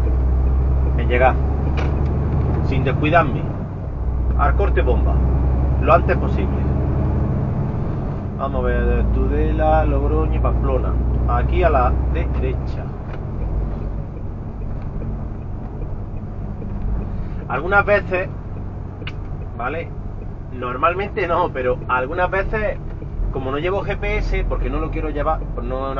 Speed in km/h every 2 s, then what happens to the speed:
32, 38, 40, 46, 48, 48, 51, 52, 48, 38, 30, 26, 25.
0-14 speeds up to 52. 14-21 brakes to 26.